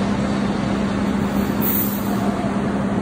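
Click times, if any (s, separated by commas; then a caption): none. A diesel injector nozzle component is handled and fitted into its spot in the injector body during reassembly. Only a steady, even hum with a low tone is heard, with no sharp sounds. Nothing has seated or clicked yet.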